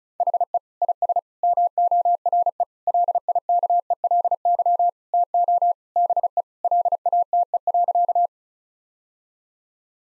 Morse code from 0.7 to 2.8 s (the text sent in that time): IS MORE